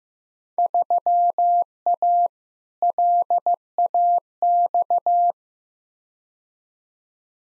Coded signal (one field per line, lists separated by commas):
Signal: Morse code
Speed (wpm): 15 wpm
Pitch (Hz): 700 Hz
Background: none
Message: 3A LAX